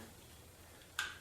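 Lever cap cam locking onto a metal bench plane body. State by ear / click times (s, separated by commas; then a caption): not seated / none. A metal lever cap is handled on a metal bench plane, where it will be pressed down with some force until its cam locks over the blade and frog, holding the blade tight enough not to move in use but loose enough to adjust the depth of cut with the wheel. Over a quiet, low background, one short, bright tick is heard at about 1.0 s. The lever cap has not clicked or seated yet.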